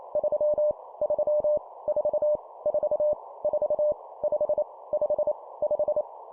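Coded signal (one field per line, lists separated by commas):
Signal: Morse code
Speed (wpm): 28 wpm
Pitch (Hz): 600 Hz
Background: none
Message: 3 3 4 4 4 5 5 5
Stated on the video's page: Morse copy-speed drill of numbers at 25 wpm, each repeated three times.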